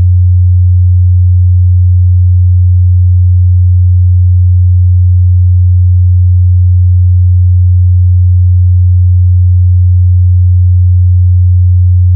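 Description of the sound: Steady, unbroken low hum of a pure tone near 90 Hz, used to determine and match the pitch of tinnitus.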